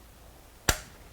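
A radiator hose retaining clip on the coolant hose connector of an Audi Q7 is pushed down by hand during a water pump replacement. It snaps into place with one sharp click at 0.7 s against a quiet background. The clip is seated.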